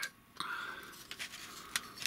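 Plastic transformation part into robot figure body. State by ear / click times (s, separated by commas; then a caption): not seated / none. A plastic transformation part on a Fansproject Cubrar (Slag) transforming robot figure is worked against the figure's body during transformation. Sharp plastic knocks come at about 0.4, 1.1, 1.8 and 2.1 seconds over a faint hiss, but they are parts knocking together, not a latch catching. The part fails to lock into place, and nothing seats or clicks in.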